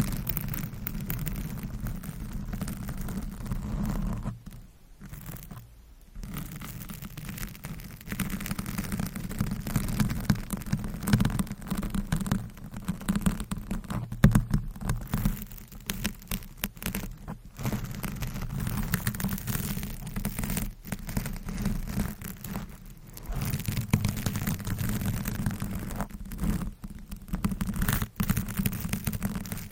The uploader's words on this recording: Mic Scratching - Brain Scratching on 10 Different Mics Asmr No Talking.